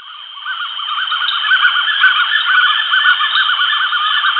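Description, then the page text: Bushy-crested hornbill calling: a continuous jumble of overlapping yelping, bouncy notes, with a steady high-pitched whine throughout. "Bushy-Crested Hornbill Calls. Quick Sounds"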